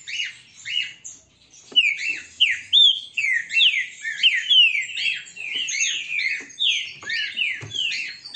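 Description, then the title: Green-winged saltator song: loud, steady runs of clear down-slurred whistles repeated almost without pause, with a few sharp clicks. Song type labelled 'Voz 08'; the bird is described as a strong singer, 'peito de aço'. "Canto De Trinca Ferro Voz 08. ESSE CANTA FORTE, Trinca ferro PEITO DE AÇO"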